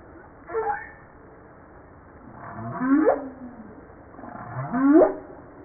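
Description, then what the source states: Humpback whale singing: a short swept note followed by two loud rising whoops with harmonics, about two seconds apart. Recorded 5 March 1994.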